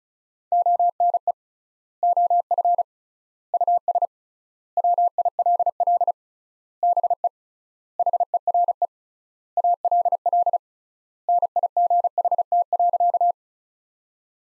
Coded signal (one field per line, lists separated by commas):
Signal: Morse code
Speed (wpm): 36 wpm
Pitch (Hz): 700 Hz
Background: none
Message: ONE OF US WILL BE HERE ALL NIGHT.